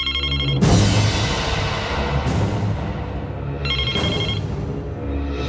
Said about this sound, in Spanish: Estaba lucubrando sobre eso cuando el celular volvió a sonar a todo volumen.